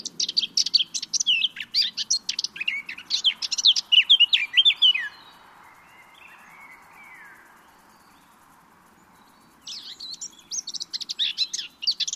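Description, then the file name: Eurasian blackcap song: rapid, varied chattering warble of high notes for about five seconds, a pause of several seconds, then another quick scratchy burst. "Sylvia atricapilla"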